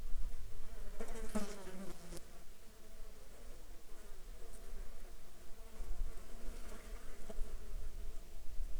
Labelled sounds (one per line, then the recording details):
insects
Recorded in Ivvavik National Park, Yukon, on 7 July 2019 at 12:18
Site SINP03